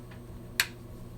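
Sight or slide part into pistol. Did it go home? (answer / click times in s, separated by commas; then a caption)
yes / 0.6 s. A part, likely the red iron sight, is set into a pistol during reassembly after cleaning and pushed back until it locks. The fit is a little tight. A faint tick at 0.1 s comes before one sharp, bright click at 0.6 s as the part seats into place.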